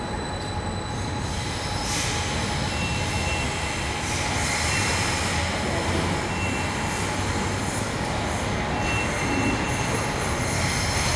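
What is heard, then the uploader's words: A mostly deserted ticket office in a train station holds a steady, dense low rumble like passing rail traffic, with a constant mid hum and thin high whines. Brief brighter hissing swells rise around two, five and nine seconds. A ticket office of a train station, which is mostly deserted, with only a few travellers.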